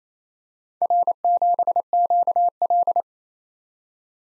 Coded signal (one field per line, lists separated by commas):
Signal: Morse code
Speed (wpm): 32 wpm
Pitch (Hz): 700 Hz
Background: none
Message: R7QL